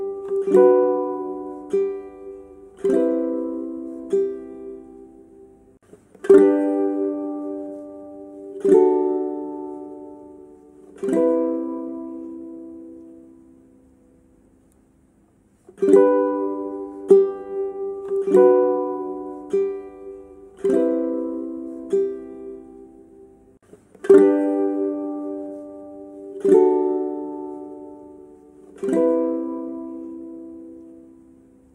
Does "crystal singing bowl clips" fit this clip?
no